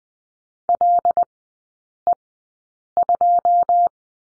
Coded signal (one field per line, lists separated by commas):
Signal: Morse code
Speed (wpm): 20 wpm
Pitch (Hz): 700 Hz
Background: none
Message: LE2